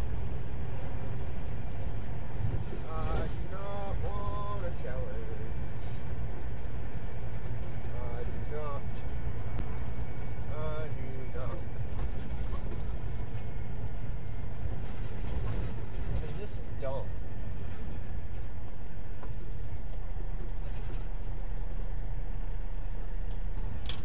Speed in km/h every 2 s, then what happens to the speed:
45, 44, 42, 44, 42, 42, 42, 40, 34, 29, 24, 21.
0-13 steady at about 42. 13-21 slows to 21.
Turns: none.